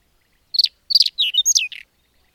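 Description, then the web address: Bird song: a brief, high phrase of buzzy chirps ending in a clear whistled down-slur and a soft buzz. "madarak enek"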